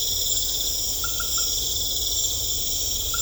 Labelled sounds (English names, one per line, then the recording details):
none
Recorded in secondary vegetation near Puerto Asís, Putumayo, Colombia, on 18 December 2024 at 20:00
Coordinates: 0.500, -76.326
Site G065